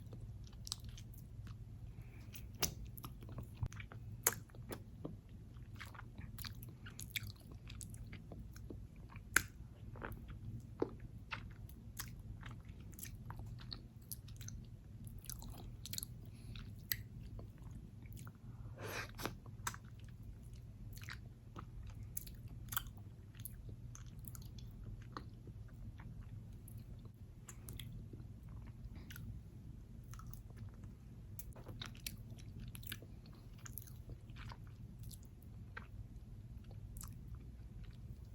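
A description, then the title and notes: Squishy, crinkly trigger sounds come in a fast, irregular stream of short clicks and crackles, several per second throughout. Some are sharper and louder, with a brief denser rustle near nineteen seconds. A steady low hum runs underneath the whole time. ASMR Fast Paced Squishy + Crinkly Triggers.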